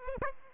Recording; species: mosquito wingbeat signal from an infrared sensor; Aedes aegypti